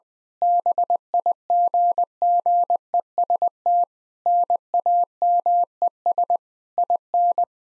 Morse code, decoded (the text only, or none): BIGGEST NAMES IN